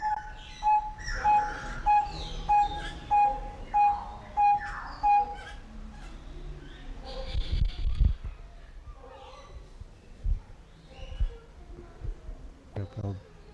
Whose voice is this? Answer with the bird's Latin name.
Lybius vieilloti